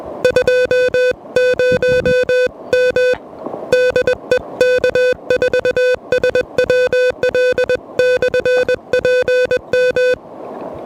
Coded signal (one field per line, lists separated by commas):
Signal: Morse code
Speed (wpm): 21 wpm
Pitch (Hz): 500 Hz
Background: music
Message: 20M DE K4SWL/PM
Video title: QRP POTA in Motion: Pedestrian Mobile with the Elecraft KH1!